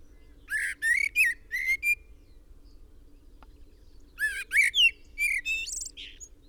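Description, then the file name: Common blackbird song comes as two groups of quick whistled and squeaky notes, separated by a quiet gap with one sharp click in the middle. "Turdus merula"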